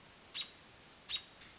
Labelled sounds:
American Robin
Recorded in Sonoma County, California

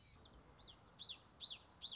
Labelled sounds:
Common Yellowthroat
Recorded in Sonoma County, California

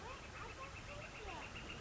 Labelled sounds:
Northern Flicker
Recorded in Sonoma County, California

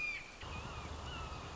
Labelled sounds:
Red-shouldered Hawk
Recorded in Sonoma County, California

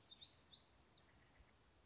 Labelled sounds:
Black-throated Gray Warbler
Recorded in Sonoma County, California

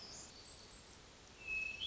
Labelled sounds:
Hermit Thrush
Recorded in Sonoma County, California

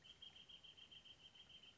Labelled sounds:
Wrentit
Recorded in Sonoma County, California

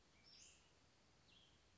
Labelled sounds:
Cassin's Vireo
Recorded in Sonoma County, California

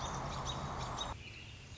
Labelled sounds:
American Robin
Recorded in Sonoma County, California

